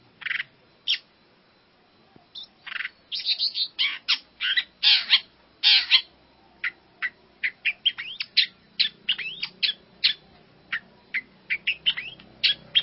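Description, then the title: Long-tailed shrike singing a fast, varied run of harsh chattering and squeaky notes, growing busier after a short pause, with little other sound. "Kicau Burung Pentet"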